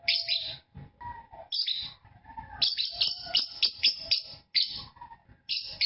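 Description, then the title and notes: Lovebird chattering in rapid, piercing chirp runs with short gaps, some lower squeaky notes mixed between the high bursts. Chirping song of a lovebird described as a champion singer. "Love Brid Juara. Kicau Lovebird"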